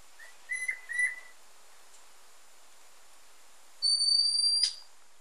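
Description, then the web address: Yellow-breasted antpitta giving a few short, steady whistles, followed by a louder, higher, thin whistle. Recorded in Ecuador. "Natures Songs S America Birds of Ecuador Yellow-breasted Antpitta"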